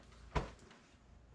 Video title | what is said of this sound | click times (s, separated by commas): MiniMax Sliding Table Saw Install And Shop Remodel Part 2 | did you hear it pop | 0.4 s